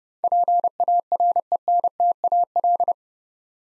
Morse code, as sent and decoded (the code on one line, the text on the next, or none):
.--. .- .-. . -. - .- .-..
PARENTAL